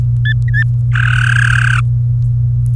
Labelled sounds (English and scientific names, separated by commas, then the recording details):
Domestic Canary (Serinus canaria) song
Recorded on 23 April 2018 at 18:16
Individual llb3